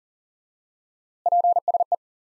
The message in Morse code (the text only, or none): PSE